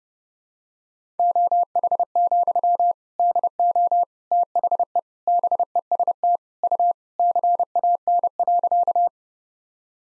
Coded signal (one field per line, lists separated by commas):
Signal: Morse code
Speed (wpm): 31 wpm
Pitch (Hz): 700 Hz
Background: none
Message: OH, DO THE BEST U CAN.